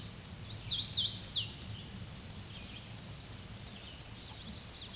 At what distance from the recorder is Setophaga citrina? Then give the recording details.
about 20 m. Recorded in a Pennsylvania forest on 18 May 2023 at 09:31. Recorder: AudioMoth, point grid1_35_low. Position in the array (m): 176 m, 150 m